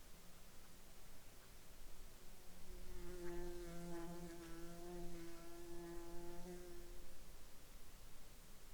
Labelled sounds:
insects
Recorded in the Arctic National Wildlife Refuge, Alaska, on 10 July 2021 at 20:45
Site 41

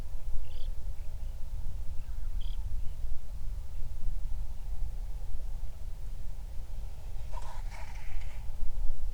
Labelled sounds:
songbird
wind
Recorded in the Prudhoe Bay oil fields, Alaska, on 31 July 2019 at 08:04
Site 24

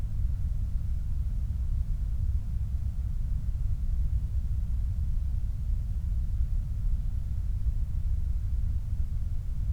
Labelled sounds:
machinery
flare stack
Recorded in the Prudhoe Bay oil fields, Alaska, on 29 July 2019 at 03:48
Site 25

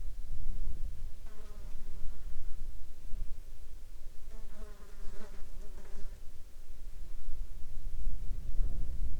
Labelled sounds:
insects
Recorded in the Arctic National Wildlife Refuge, Alaska, on 19 July 2021 at 21:37
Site 35

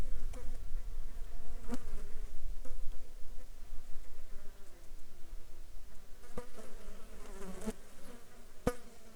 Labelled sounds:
insects
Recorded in the Arctic National Wildlife Refuge, Alaska, on 7 July 2019 at 18:42
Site 35

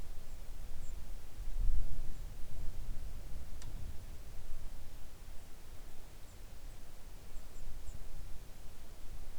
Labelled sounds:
songbird
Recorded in the Arctic National Wildlife Refuge, Alaska, on 3 August 2019 at 05:33
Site 41

